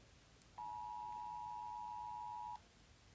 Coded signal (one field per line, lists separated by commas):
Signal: Emergency Alert System (SAME) tones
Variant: 853 and 960 Hz attention tone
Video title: American Eas Alarm